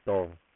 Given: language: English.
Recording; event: throat vibration sensor signal played as sound; speech